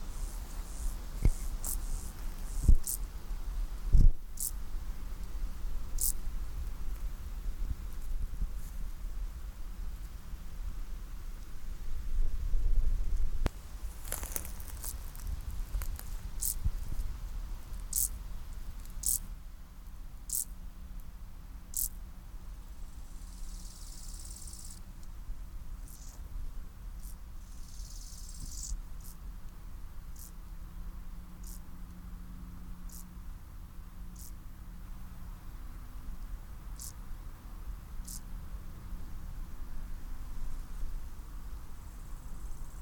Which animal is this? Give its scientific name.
Chorthippus biguttulus